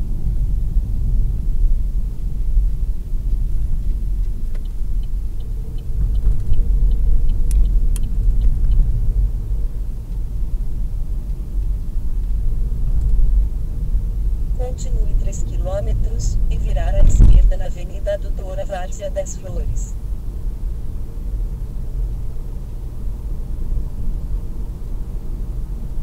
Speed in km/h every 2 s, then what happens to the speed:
45, 40, 39, 43, 45, 44, 44, 47, 48, 49, 52, 55, 57.
0-5 steady at about 40. 5-26 speeds up to 57.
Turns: none.